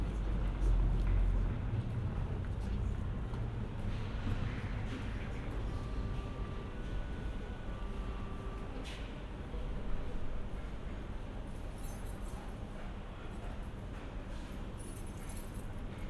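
An urban canyon beside elevated train lines fills with a dense, steady low rumble of traffic that stays fairly even throughout. Brief tonal squeals appear around six to eight seconds, a sharp click near nine, and faint bright hissing late on.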